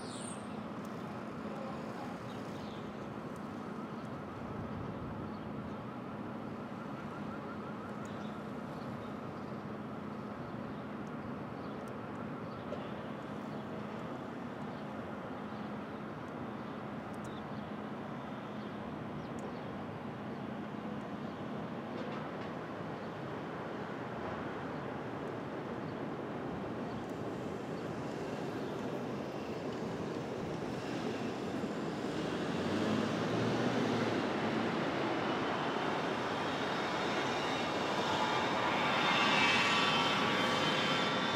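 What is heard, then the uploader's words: Early morning city ambience at dawn in Brooklyn: a steady low rumble of distant-sounding traffic and engines with a faint hum underneath. Around thirty seconds the sound swells and brightens as a vehicle or aircraft passes, growing louder toward the end. Brooklyn Dawn. Street Traffic.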